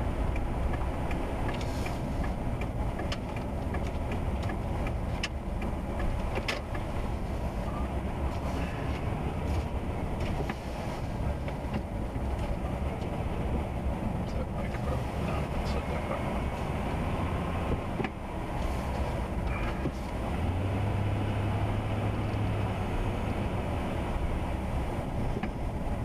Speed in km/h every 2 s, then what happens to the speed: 27, 16, 11, 11, 13, 13, 15, 13, 15, 10, 16, 19, 19.
0-3 brakes to 11. 3-19 steady at about 13. 19-22 speeds up to 19.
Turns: 0-5.